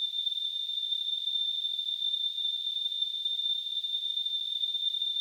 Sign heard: Tinnitus.